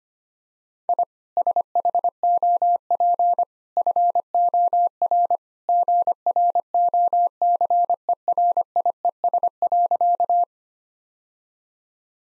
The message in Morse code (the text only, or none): I SHOP FOR GROCERIES.